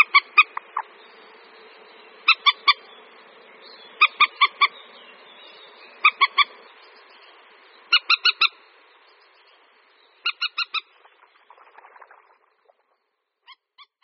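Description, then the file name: Common moorhen calling with clipped, nasal notes grouped in threes and fours, bursts spaced roughly two seconds apart, a soft low hum underneath and a few scattered faint notes near the end. "Slípka-zelenonohá"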